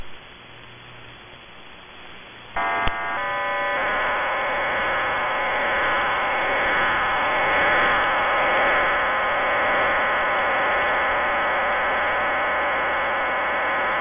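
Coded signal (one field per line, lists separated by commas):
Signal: numbers station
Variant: HM01, RDFT digital mode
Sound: static, then a chord of steady tones, then continuous dense warbling hiss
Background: radio static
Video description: Cuban numbers station HM01 hybrid voice and RDFT mode.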